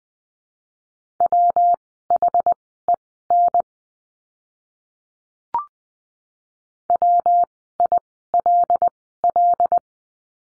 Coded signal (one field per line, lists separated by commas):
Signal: Morse code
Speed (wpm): 20 wpm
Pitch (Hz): 700 Hz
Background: none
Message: WHEN WILL